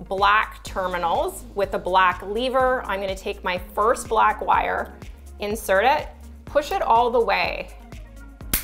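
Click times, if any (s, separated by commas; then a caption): 8.5 s. Someone talks while pushing the first black wire all the way into one of two black lever-type terminals on a light switch, then closing the black plastic lever. A loud click at 8.5 s confirms the wire is seated and securely clamped.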